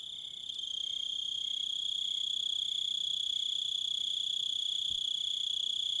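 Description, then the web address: Cricket song, a continuous shrill pulsing trill at a steady pitch, rising in level at the start and holding to the end. "Echoes of Nature - American Wilds. Crickets"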